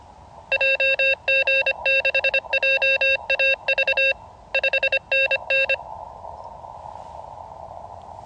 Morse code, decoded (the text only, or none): JG6JAV 5NN